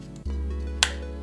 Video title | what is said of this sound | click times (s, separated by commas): ✅ SoundPEATS True Free Plus Wireless Review - Absolute STEAL! | you can see it snaps right into place there and it just you | 0.8 s